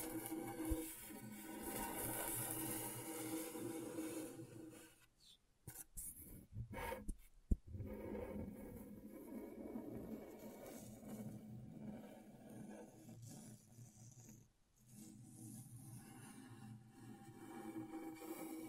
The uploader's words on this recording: ASMR Brain Tingling Scratchboard (No Talking).